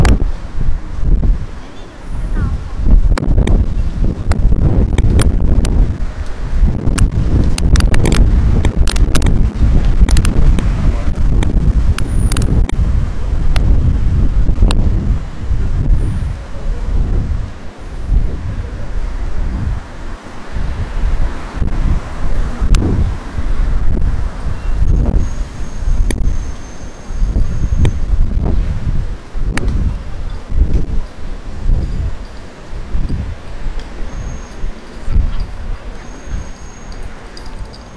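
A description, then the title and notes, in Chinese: Warm night wind buffets the microphone while someone takes photos outdoors, a deep, uneven rumble with frequent gusts and thumps, heaviest in the first twenty seconds and easing somewhat later. A faint hiss of rustling sits underneath, and a few thin, high tones drift briefly near the end. 在夏夜暖风中拍照。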